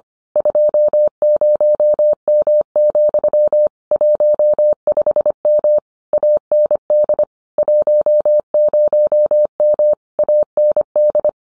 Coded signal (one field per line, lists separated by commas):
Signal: Morse code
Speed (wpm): 25 wpm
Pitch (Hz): 600 Hz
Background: none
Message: 20M, 15M AND 10M AND